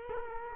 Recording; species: mosquito wingbeat signal from an infrared sensor; Culex quinquefasciatus